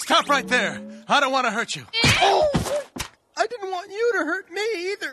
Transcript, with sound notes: Stop right there! I don't wanna hurt you. *smack* Owww! I didn't want you to hurt me either!